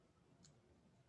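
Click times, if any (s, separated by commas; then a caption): 0.4 s. A metal jump ring is closed sideways with jewelry pliers, its ends brought together until they meet. A single faint, short click sounds at 0.4 s over a low background hum, and the ring is closed.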